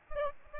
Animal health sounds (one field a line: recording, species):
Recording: mosquito wingbeat signal from an infrared sensor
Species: Aedes albopictus